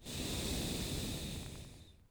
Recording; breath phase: one breath near a microphone; exhalation